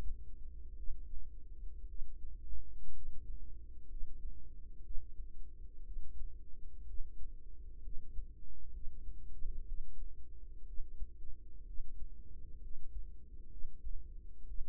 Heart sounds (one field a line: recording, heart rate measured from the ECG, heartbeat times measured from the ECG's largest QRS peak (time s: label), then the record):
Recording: heart sounds by microphone in the right ear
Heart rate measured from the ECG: 61 bpm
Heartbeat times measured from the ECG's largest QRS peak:
0.74 s: heartbeat
1.86 s: heartbeat
2.91 s: heartbeat
3.86 s: heartbeat
4.81 s: heartbeat
5.83 s: heartbeat
6.84 s: heartbeat
7.80 s: heartbeat
8.70 s: heartbeat
9.64 s: heartbeat
10.64 s: heartbeat
11.64 s: heartbeat
12.59 s: heartbeat
13.48 s: heartbeat
14.45 s: heartbeat
From the record:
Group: healthy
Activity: rest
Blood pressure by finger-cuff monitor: 96/62 mmHg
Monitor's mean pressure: 72 mmHg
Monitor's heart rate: 62 bpm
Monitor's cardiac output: 4.7 L/min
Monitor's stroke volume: 76 mL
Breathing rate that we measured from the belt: 13 breaths a minute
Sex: female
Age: 36 years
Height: 163 cm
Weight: 88 kg